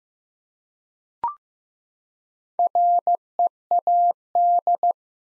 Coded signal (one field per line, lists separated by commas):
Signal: Morse code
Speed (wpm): 15 wpm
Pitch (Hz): 700 Hz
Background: none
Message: READ